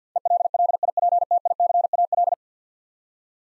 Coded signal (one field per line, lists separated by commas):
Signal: Morse code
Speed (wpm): 49 wpm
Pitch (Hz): 700 Hz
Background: none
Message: ELLIPTICAL